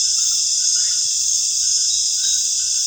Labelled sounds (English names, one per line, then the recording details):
none
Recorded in secondary vegetation near Puerto Asís, Putumayo, Colombia, on 22 June 2025 at 19:00
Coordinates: 0.498, -76.327
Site GP09